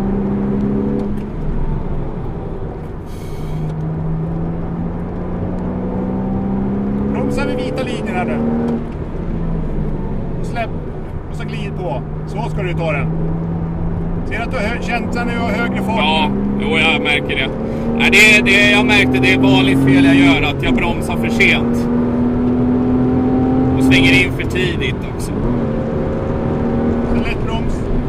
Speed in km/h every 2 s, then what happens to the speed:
91, 78, 86, 101, 97, 73, 68, 84, 106, 123, 134, 147, 148, 152.
0-3 brakes to 78. 3-7 speeds up to 101. 7-12 brakes to 68. 12-22 speeds up to 147.